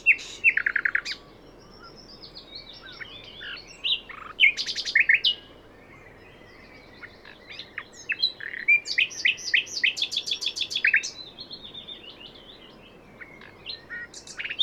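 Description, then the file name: Common nightingale singing in bursts: rattling repeated notes, sharp chirps and buzzy phrases, alternating with quiet gaps. "Luscinia megarhynchos"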